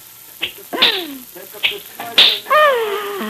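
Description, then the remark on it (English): Four sharp whip cracks snap out at uneven intervals at a circus, each loud and sudden, trailed by drawn-out, falling tonal sounds that ring between them. “And when you crack your whip like that tonight in the center ring, Rosa the equestrian, the daring rider, will die.”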